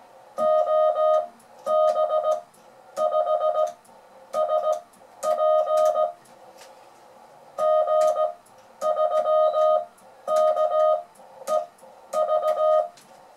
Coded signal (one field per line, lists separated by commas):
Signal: Morse code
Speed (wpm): 17 wpm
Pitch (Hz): 620 Hz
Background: music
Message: OB5SP G3KEV